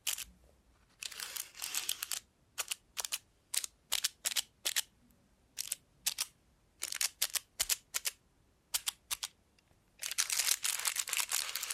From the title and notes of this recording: Try ASMR with a Robot Hand (No Talking).